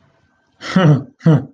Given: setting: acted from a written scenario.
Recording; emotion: vocal sound without words; amusement